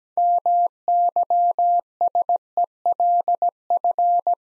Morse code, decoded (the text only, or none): MYSELF